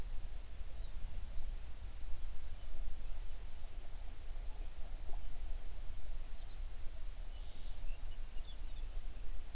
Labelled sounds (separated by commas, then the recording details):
songbird
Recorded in the Prudhoe Bay oil fields, Alaska, on 11 June 2019 at 05:18
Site 21